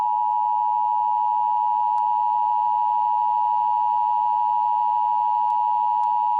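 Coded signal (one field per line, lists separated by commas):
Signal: Emergency Alert System (SAME) tones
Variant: 853 and 960 Hz attention tone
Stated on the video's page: Remake of National Weather Service EAS tornado emergency alerts for an EF-3 tornado in Pasadena and Deer Park, Harris County, Texas.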